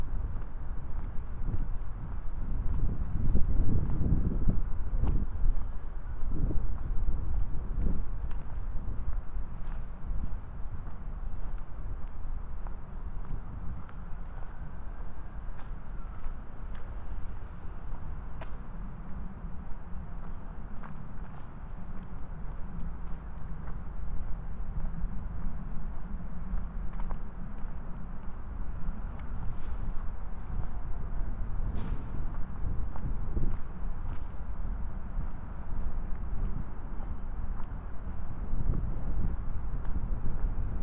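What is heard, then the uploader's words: A walk outdoors toward a train, with a steady low rumble of traffic and wind buffeting the microphone throughout. Deep gusty thumps swell around the fifth second and again near the end, while faint clicks and brief brighter sounds come and go. A binaural field recording, walking from my studio to the train.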